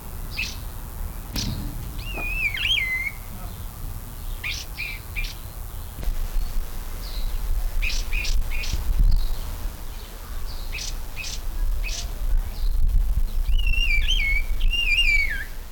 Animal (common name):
Emei Shan Liocichla